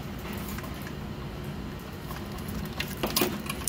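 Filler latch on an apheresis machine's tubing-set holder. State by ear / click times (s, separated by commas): not seated / none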